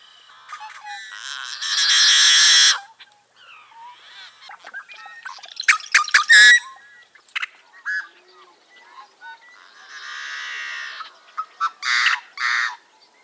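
Yellow-headed blackbird calls and song: a loud grating buzz, a burst of dry clicks and chatter, then another raspy buzz with short harsh notes at the end.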